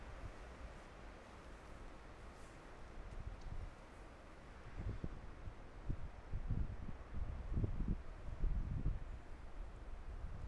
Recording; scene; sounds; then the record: everyday scene through a hearing-aid microphone; wind on the microphone; gentle breeze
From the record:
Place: parking lot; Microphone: behind the ear, right, front